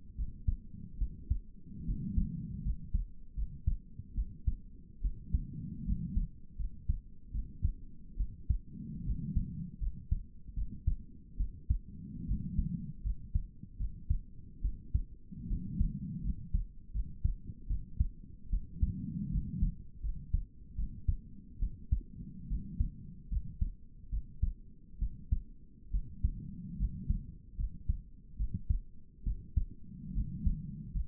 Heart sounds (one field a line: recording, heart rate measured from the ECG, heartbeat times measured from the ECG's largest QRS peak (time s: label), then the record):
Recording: heart sounds by stethoscope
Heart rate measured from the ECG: 74 bpm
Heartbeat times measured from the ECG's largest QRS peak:
0.17 s: heartbeat
0.99 s: heartbeat
1.86 s: heartbeat
2.64 s: heartbeat
3.36 s: heartbeat
4.16 s: heartbeat
5.03 s: heartbeat
5.86 s: heartbeat
6.58 s: heartbeat
7.33 s: heartbeat
8.18 s: heartbeat
9.05 s: heartbeat
9.80 s: heartbeat
10.55 s: heartbeat
11.38 s: heartbeat
12.27 s: heartbeat
13.03 s: heartbeat
13.78 s: heartbeat
14.63 s: heartbeat
15.49 s: heartbeat
16.23 s: heartbeat
16.93 s: heartbeat
17.68 s: heartbeat
18.51 s: heartbeat
19.31 s: heartbeat
20.02 s: heartbeat
20.77 s: heartbeat
21.60 s: heartbeat
22.49 s: heartbeat
23.30 s: heartbeat
24.11 s: heartbeat
25.00 s: heartbeat
25.92 s: heartbeat
26.78 s: heartbeat
27.57 s: heartbeat
28.38 s: heartbeat
29.25 s: heartbeat
30.14 s: heartbeat
30.93 s: heartbeat
From the record:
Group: healthy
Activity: rest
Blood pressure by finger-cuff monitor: 142/66 mmHg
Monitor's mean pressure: 86 mmHg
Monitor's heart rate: 73 bpm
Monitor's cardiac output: 7.7 L/min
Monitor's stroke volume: 105 mL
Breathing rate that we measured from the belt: 17 breaths a minute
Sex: female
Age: 22 years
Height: 160 cm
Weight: 63 kg